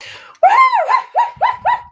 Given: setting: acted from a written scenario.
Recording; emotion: vocal sound without words; triumph